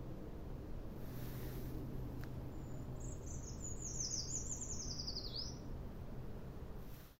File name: pelzacz lesny